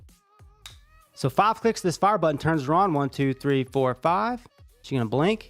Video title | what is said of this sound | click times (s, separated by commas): The Golden Ratio By ONEVAPE! | you're good to go to pop her in there and like I said she just clicks into place so | 0.7 s